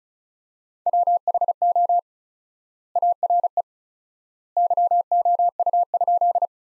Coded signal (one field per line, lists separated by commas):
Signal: Morse code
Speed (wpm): 34 wpm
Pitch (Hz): 700 Hz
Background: none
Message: WHO ARE YOU?